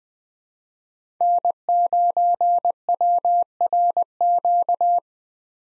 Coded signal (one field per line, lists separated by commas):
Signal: Morse code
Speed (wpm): 20 wpm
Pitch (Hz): 700 Hz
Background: none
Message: N9WRQ